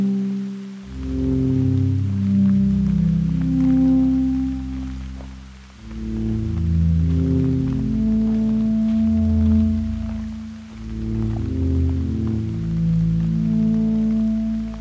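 At the foot of Pyramid Mountain on the Patricia Lake Loop Trail, low, droning tones hum and slowly shift pitch, swelling and fading in three long waves with dips near one, six and ten seconds. Faint light ticking, like scattered drops, sits above.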